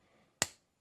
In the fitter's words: here, click in place.